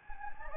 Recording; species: mosquito wingbeat signal from an infrared sensor; Anopheles gambiae